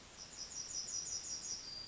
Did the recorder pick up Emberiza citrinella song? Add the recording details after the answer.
yes. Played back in forest. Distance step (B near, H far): E. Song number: 045